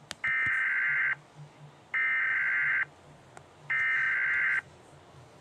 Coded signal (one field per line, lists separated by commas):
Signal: Emergency Alert System (SAME) tones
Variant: header bursts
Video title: EAS Scenario: magpie's attack.